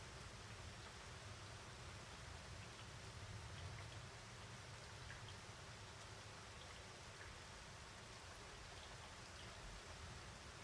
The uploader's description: Storm in the mountains. In the French Alps, close to Cruseilles, the recording was captured from a window of a home.